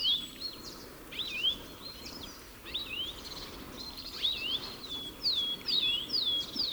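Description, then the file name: European goldfinch calling, quick twittering and clear swooping whistled notes, busier and louder toward the end, with constant background hiss. "Carduelis carduelis"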